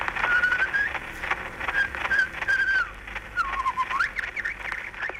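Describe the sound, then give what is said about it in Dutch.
Thin, whistled birdsong phrases rising and falling through the heavy hiss and crackle of a very old phonograph recording made in 1889 by Ludwig Koch, then aged 8, on a phonograph he was given as a gift, with brief pauses between short melodic bursts. “In 1889 was hij 8 jaar en kreeg een fonograaf cadeau, waarop hij misschien wel de oudste natuuropname maakte ooit van vogelzang.”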